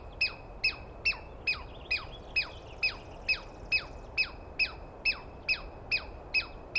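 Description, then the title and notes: Douglas squirrel: rasping, falling chirps repeated quickly and evenly, about fifteen in quick succession. Recorded at dawn on 21 April 2017 in the East Cascades; a single squirrel screaming at length at the recordist, identified by its sound rather than a clear view. "On the morning of 21 April, 2017, I set up my microphones and recorder for a nice dawn recording in the East Cascades. I was started awake by a screaming Douglas Pine Squirrel"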